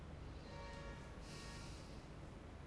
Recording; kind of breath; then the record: one breath in and out by a microphone near the nose and mouth; normal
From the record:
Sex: male